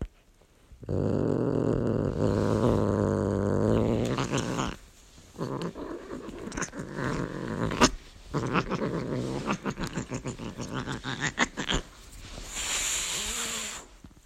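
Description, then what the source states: Cat letting out a loud sustained yowl for several seconds, then a stretch of rough, broken growling and rasping bursts with brief pauses. Cat in heat.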